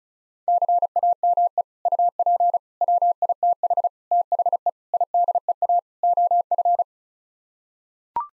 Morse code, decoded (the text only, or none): CAME UP WITH THE IDEA OF